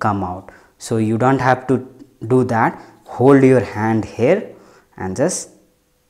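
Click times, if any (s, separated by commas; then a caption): none. Someone talks while a kit zoom lens is handled at the bayonet mount of a Canon 200D DSLR body, held by the lens barrel to be twisted on. Nothing has seated or clicked yet; the lens is not locked in by the end of the clip.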